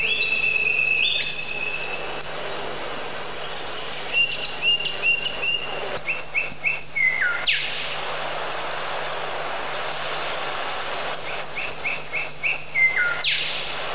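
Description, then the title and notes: Birds singing, with bright whistled phrases of stepped notes and sliding sweeps repeating several times against a low hiss. A mix of many different bird sounds. "Bird Sound Effects पक्षी लगता है. lots of different bird sounds"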